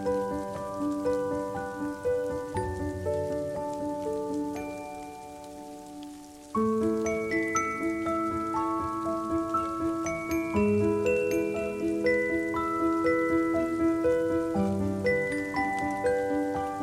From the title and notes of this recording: Cozy winter ambience for relaxation. Snow falling and melting. Relaxing piano music (playing softly every 2 minutes).